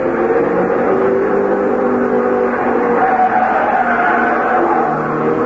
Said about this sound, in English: They were still testing cars, but the people watching the test winced as the cars thundered by, just as if they expected the autos to fall apart any second.